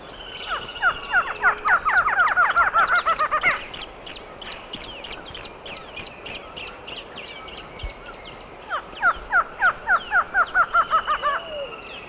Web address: Natures Songs S America Eastern Lowlands. Thamnophilus doliatus, duet